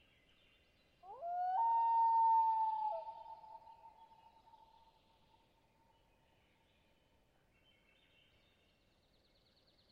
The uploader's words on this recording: Common Loon - Gavia Immer - wail. Sounds of Springtime Alaskan boreal taiga in the twilight. Location: Long Lake, Talkeetna, AK Weather: variable over the course of the night, 49-61°F, light to no wind. Clear lake in a hilly boreal taiga, dominated by White Spruce, Bird, and thick beds of diverse mosses.